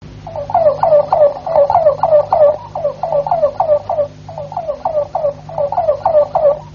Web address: ~joaopt canarios cantoharz